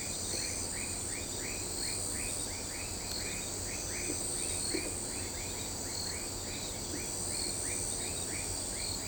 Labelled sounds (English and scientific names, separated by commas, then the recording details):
none
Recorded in shrubland near Pivijay, Magdalena, Colombia, on 18 April 2023 at 21:00
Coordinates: 10.453, -74.365
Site P5-G022